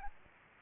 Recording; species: mosquito wingbeat signal from an infrared sensor; Aedes aegypti